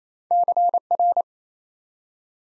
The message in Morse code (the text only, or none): CR